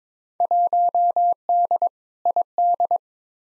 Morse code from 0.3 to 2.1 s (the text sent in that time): 1D